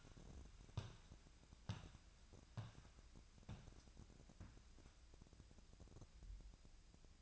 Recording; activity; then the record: daily activity, microphone in the room; walk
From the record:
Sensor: 2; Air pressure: 1012.1 hPa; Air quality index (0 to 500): 174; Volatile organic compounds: 2 ppm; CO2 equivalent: 1265 ppm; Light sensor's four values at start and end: 43/104/47/53 and 42/112/47/52